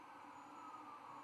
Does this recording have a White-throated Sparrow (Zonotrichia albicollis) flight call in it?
no